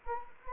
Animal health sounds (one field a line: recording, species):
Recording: mosquito wingbeat signal from an infrared sensor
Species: Anopheles arabiensis